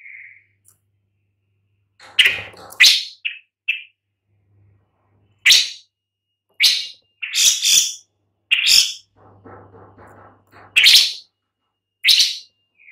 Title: Lanius Schach